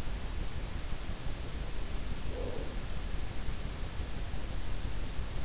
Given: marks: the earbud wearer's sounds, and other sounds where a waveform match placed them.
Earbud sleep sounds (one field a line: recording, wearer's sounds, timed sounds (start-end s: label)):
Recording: sounds in sleep by an in-ear microphone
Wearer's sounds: breath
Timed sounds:
2.02-3.04 s: breath